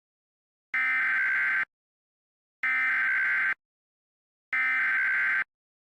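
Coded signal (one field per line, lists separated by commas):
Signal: Emergency Alert System (SAME) tones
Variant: header bursts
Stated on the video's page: Fictional EAS scenario, not a real alert.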